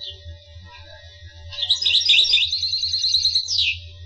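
Finch song: a high, rapid twittering phrase of tinkling notes ending in a sharp downward sweep, with a low steady hum underneath.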